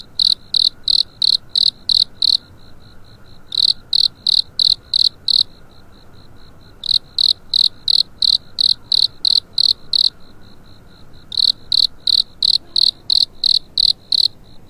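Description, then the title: Cricket chirping in runs of rapid, high pulses lasting a few seconds each, with softer ticking between runs over a quiet low background. Night in spring; crickets awakening. "春夜里苏醒的蟋蟀"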